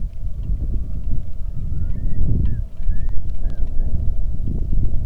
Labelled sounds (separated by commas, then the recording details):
loon, wind, rain
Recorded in the Arctic National Wildlife Refuge, Alaska, on 3 August 2019 at 09:02
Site 46